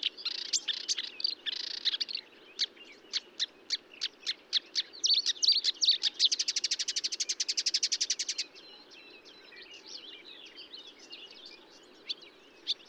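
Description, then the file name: Marsh warbler song, a fast varied chatter of sharp chips and scratchy notes, then a long dense buzzy trill, ending in softer mixed twittering. Recorded at Bonnevaux on 31 May 2009 at 05:35. "Rousserolle verderolle 0535 25 Bonnevaux"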